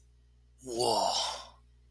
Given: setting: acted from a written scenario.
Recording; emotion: vocal sound without words; awe